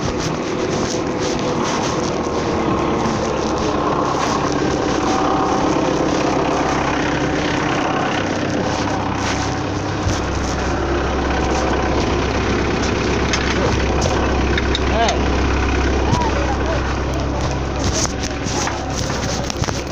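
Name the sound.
tractor engine idling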